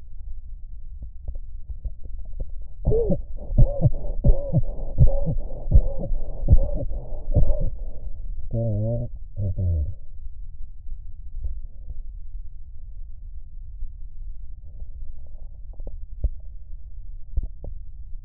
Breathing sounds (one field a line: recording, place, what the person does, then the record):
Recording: lung sounds by stethoscope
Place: right posterior basal chest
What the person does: quiet breathing, then cough and speech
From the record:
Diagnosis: interstitial lung disease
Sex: male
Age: 65 years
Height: 161 cm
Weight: 74.6 kg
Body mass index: 28.8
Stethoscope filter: extended mode